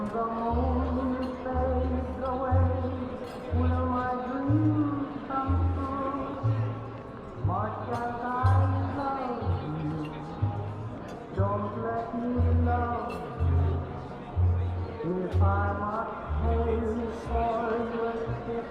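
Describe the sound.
Oldie music plays with a steady, pulsing bass line and sustained melody while light talking murmurs underneath throughout the coffee shop.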